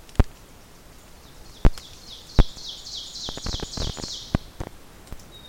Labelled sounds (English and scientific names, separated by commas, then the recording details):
Ovenbird (Seiurus aurocapilla) song
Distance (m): 45 m
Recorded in boreal forest in Alberta, Canada, on 6 June 2016 at 08:54
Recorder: SongMeter 3, array SBT-3-51
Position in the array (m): 242 m, 149 m
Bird 28